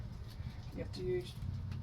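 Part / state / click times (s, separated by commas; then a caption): fuel pump electrical plug into wiring harness connector / not seated / none. A new fuel pump's electrical plug is being pushed into its mating wiring harness connector on a V-Star 650 motorcycle; it is hard to seat because there is nothing to push against. Someone talks over low rumbling background noise, with a small sharp sound near 1.7 s. Nothing has seated or clicked yet.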